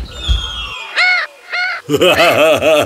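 A parrot perched in a tree in a forest squawks: two separate harsh, harmonic calls, then a rapid, loud run of raspy squawks chattering in quick succession.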